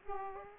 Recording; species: mosquito wingbeat signal from an infrared sensor; Aedes aegypti